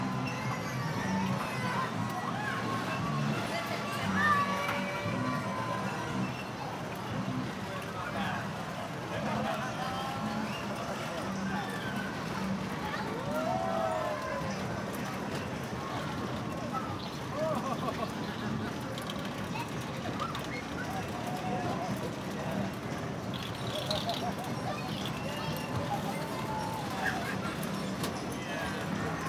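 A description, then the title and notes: An arcade on the Coney Island Boardwalk, filled with a steady, dense wash of overlapping voices and crowd chatter. Beeps and short electronic tones from the games rise and fall throughout, with a low constant rumble underneath and no real pauses. Coney Island Boardwalk - Arcade II by Bandeto.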